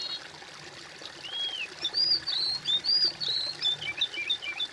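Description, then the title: Bird song: a slurred whistle followed by a quick run of high arched notes and short twitters, ending in rapid chips, over background hiss. "kOMPILASI suara bird"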